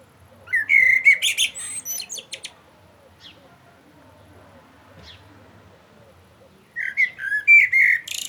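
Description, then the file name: Common blackbird delivering two song phrases, each a low mellow warble turning into high squeaks, with a quiet pause in between. "Turdus merula"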